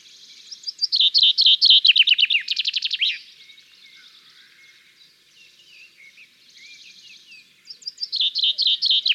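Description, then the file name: Common chaffinch song, a loud accelerating descending trill closing with a flourish, repeated near the end, over quiet high-pitched background twitter. "Fringilla coelebs"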